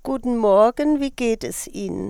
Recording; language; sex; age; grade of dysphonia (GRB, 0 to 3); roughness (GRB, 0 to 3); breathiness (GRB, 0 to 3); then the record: spoken sentence; German; female; 60 to 69 years; 0; 0; 0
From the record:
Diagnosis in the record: psychogenic dysphonia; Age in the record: 60 years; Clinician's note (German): Zustand nach psychogener Aphonie